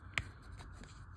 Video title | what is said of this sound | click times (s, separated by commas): TRANSFORMERS - NFL Collaboration Starblitz | now you want to come over here you want to twist these around and push it in and they'll snap right into | 0.2 s